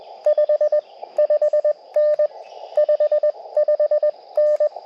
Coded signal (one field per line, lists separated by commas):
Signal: Morse code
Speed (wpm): 20 wpm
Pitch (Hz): 600 Hz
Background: none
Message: 5 5N 55N